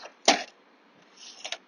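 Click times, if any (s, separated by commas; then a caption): 0.3 s. The separated screen panel of a 2017 Jayco Jay Flight Elite 26 BH RV entry door is pushed back into the door frame and snaps into its latch with a sharp, loud click at 0.3 s. A soft rustle follows, then two quieter taps near 1.5 s. The screen section is seated back in place.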